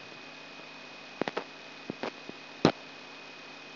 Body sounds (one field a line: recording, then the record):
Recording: brain microelectrode recording played as sound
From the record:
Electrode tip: outside the subthalamic nucleus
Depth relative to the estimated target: -6 mm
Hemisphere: left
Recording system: AlphaMap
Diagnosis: Parkinson's disease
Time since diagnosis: 6 years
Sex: female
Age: 40 years